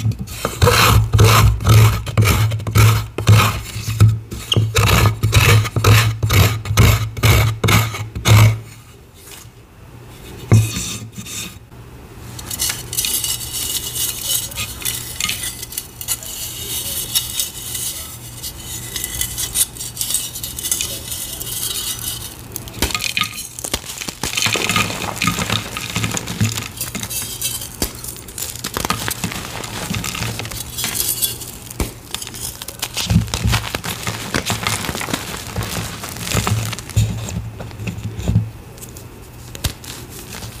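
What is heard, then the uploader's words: Gym chalk is carved and crushed, opening with a fast, even run of sharp scraping strokes for about eight seconds. After a brief lull, the rest is a denser, uneven gritty rasping and crunching, with scattered brighter clicks and a steady low hum underneath. Carving gym chalk asmr, including crushing a crispy, crunchy reformed gym chalk into a gym chalk bomb.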